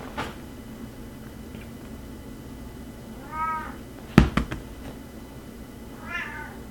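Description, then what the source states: Domestic cat giving two short meows a few seconds apart, with a burst of sharp knocks and clicks between them and a low steady hum throughout. Recorded in Quebec in 2012; described as a cat conversation.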